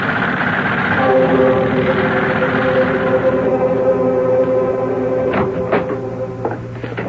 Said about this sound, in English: I've seen this street torn up and repaved, I've forgotten how many times. What are you fellas drilling for this morning, oil?